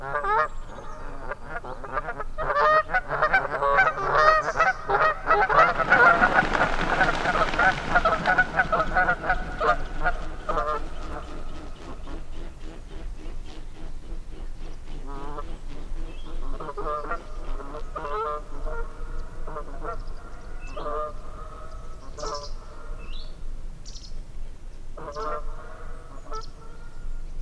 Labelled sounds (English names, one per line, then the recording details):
Canada Goose call
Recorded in the wild
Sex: diverse
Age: diverse
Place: Langasjönas, Blekinge, SE
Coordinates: 56.2286, 14.8522
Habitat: lake
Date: 2006-07-30
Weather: clear, ca. 20°C, almost no wind
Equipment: Marantz PMD 660, Sennheiser ME 66, Windkorb
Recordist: Frommolt, Karl-Heinz